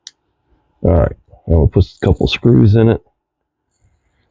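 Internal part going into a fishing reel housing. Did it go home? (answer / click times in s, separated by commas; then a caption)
yes / 0.1 s. An internal part is pressed into the housing of a vintage Ted Williams 540 spinning fishing reel; after resisting at first, it snaps into place with a single sharp click at 0.1 s. Someone then talks. The part is seated.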